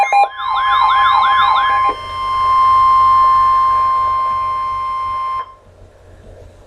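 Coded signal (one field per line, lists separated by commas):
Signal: Emergency Alert System (SAME) tones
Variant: 1050 Hz attention tone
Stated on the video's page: Flood warning SAME tones from NOAA Weather Radio station, issued by a National Weather Service forecast office.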